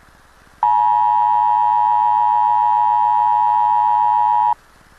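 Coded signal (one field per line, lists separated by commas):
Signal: Emergency Alert System (SAME) tones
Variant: 853 and 960 Hz attention tone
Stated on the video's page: Required Monthly Test alert transmission that interrupted a television program.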